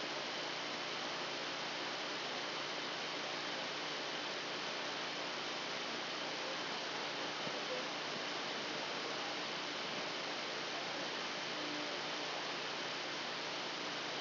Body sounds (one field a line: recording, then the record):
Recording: brain microelectrode recording played as sound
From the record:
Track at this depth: outside the subthalamic nucleus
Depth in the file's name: 0.913 mm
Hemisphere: left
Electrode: 2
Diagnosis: Parkinson's disease